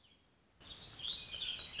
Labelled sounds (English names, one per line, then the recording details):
Warbling Vireo
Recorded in Sonoma County, California